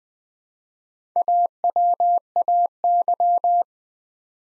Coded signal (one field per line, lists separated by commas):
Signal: Morse code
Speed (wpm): 21 wpm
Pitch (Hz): 700 Hz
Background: none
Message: AWAY